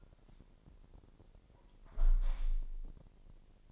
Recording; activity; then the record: daily activity, microphone in the room; close window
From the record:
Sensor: 5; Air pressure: 1000.0 hPa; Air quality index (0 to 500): 245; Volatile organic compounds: 33 ppm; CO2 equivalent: 3014 ppm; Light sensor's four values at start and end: 34/80/32/31 and 34/80/32/31